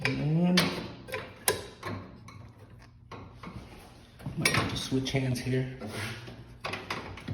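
A metal pump retaining clip is being handled at the hole in a Whirlpool washer's transmission/pump mount, where it is meant to be pushed down and turned until it locks. Someone talks while short, sharp metallic taps and handling clatter sound, the loudest near 1.5 s and 3.1 s. Nothing has seated or clicked into place yet.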